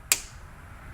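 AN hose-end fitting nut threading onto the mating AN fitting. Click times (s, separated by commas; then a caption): 0.1 s. An AN hose-end nut is started onto the mating AN fitting of a steel-braided line, turned slightly tight, then backed off. A single sharp metallic snap at 0.1 s shows the threads dropping into alignment, followed by quiet. The threads are lined up and the nut is seated, ready to be tightened by hand.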